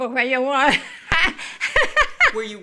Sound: she laughs heartily again

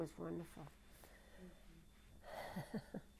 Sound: she laughs

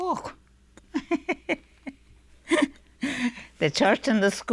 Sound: she laughs

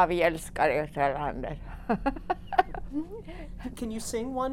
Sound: she laughs

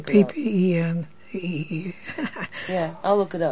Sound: laughs

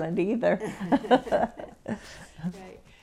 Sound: they laugh

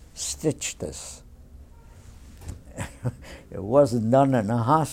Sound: he laughs

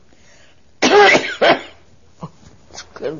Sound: she coughs

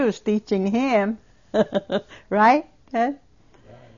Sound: she laughs

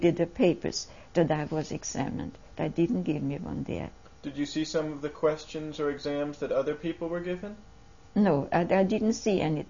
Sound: none

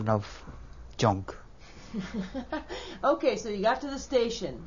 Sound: she laughs

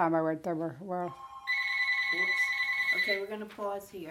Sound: telephone rings

